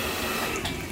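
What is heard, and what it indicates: A steady, rushing hiss of airflow lasts under a second and fades slightly at the end, with no full breath cycle audible. It is a home mechanical ventilator delivering air to a man who can no longer breathe on his own; the air tube sits at his mouth while he eats, and he chokes easily.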